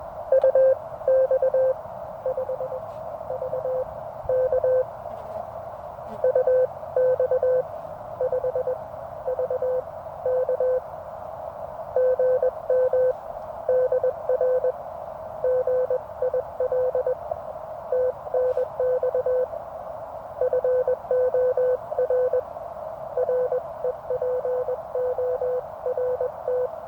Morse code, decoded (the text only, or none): UX5VK UX5VK GM DR GIL TNX FOR REPORT